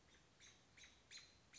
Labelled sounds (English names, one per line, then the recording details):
American Robin
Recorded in Sonoma County, California